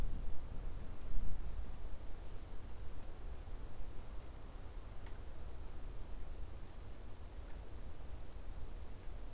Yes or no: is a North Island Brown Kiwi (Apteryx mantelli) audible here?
no